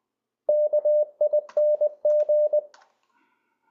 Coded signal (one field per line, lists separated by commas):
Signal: Morse code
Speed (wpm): 20 wpm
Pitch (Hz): 600 Hz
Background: none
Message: KING